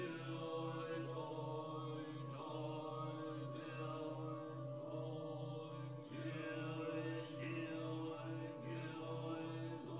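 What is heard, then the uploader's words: Buddhist chanting holds a low, steady drone with a regular pulsing beat, while bright bell strikes ring out roughly every second or two. Meditation on Reality - with Buddhist Chants and Singing Bells.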